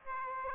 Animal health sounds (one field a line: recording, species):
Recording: mosquito wingbeat signal from an infrared sensor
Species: Aedes aegypti